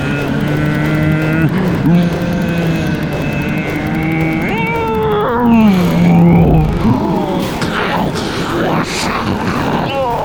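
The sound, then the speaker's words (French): A car engine drones steadily, then revs hard with swooping rises and falls in pitch before roaring off, loud throughout with a busy, rough texture underneath. “Monte dans la voiture!”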